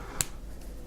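The amber-lacquered metal cap of a Waterman Carené fountain pen with a medium nib is pushed onto the pen body and snaps home with a single sharp click at 0.2 s, over faint background hiss. The cap is seated securely in place.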